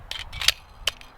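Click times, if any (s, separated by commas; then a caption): none. A steel MBX-brand magazine is pushed into the magwell of a double-stack 1911-style Kimber 2K11 Pro pistol, making a few sharp metallic clacks around 0.1, 0.5 and 0.9 seconds. The magazine does not lock in, and nothing has latched or clicked into place.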